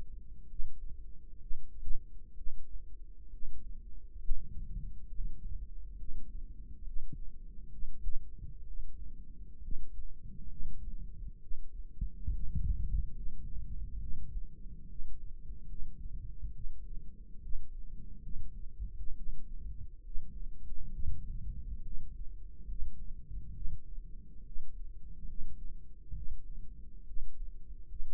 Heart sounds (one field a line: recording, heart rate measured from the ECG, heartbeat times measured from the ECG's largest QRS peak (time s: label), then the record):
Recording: heart sounds by microphone in the right ear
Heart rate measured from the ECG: 68 bpm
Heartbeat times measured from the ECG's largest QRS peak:
0.45 s: heartbeat
1.36 s: heartbeat
2.32 s: heartbeat
3.28 s: heartbeat
4.16 s: heartbeat
5.04 s: heartbeat
5.94 s: heartbeat
6.82 s: heartbeat
7.68 s: heartbeat
8.63 s: heartbeat
9.58 s: heartbeat
10.46 s: heartbeat
11.38 s: heartbeat
12.28 s: heartbeat
13.11 s: heartbeat
13.97 s: heartbeat
14.85 s: heartbeat
15.65 s: heartbeat
16.50 s: heartbeat
17.38 s: heartbeat
18.19 s: heartbeat
19.13 s: heartbeat
20.00 s: heartbeat
20.89 s: heartbeat
21.80 s: heartbeat
22.64 s: heartbeat
23.51 s: heartbeat
24.41 s: heartbeat
25.24 s: heartbeat
26.11 s: heartbeat
27.02 s: heartbeat
27.85 s: heartbeat
From the record:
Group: healthy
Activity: rest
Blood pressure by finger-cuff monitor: 104/81 mmHg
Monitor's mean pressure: 88 mmHg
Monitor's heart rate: 68 bpm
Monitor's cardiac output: 4.7 L/min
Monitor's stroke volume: 70 mL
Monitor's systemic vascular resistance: 1360 dyn s/cm5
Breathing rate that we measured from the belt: 24 breaths a minute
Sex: male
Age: 20 years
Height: 187 cm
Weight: 68.9 kg